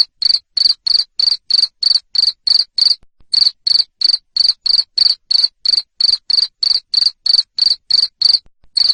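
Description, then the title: Cricket chirping loudly in rapid, evenly spaced high pulses, about three per second, with a couple of short pauses. Loud cricket chirping played to stimulate lovebirds to keep singing. "Suara JANGKRIK NGERIK Keras Bikin LOVEBIRD Jadi NGEKEK Terus"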